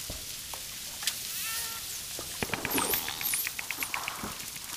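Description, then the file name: Dolphin sounds: rapid trains of sharp clicks with a few brief, very high whistles swooping down and up near the middle. "shelkane svist delfina vspleski vodi"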